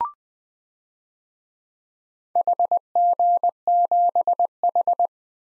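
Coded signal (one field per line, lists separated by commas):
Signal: Morse code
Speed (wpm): 20 wpm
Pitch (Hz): 700 Hz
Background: none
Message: HG7H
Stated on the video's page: Morse practice of 4-character DXCC call signs at 20 wpm for head-copy, each sent, spoken, then sent again.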